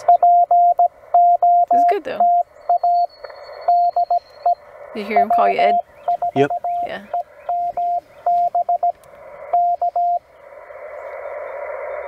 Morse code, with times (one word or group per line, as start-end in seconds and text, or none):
0.1-3.1 POTA
3.7-4.5 DE
5.2-8.9 W4EMB
9.5-10.2 K